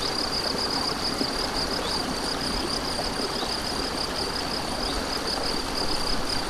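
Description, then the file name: Crickets trill in a fast, even, high-pitched pulsing trill, set against the heavy rushing of a stream. Crickets beside a stream, recorded 7 May 2014 on an MZ-N 710 recorder. "MZ-N 710 Ruisseau et grillons 7 05 14"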